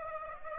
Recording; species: mosquito wingbeat signal from an infrared sensor; Aedes aegypti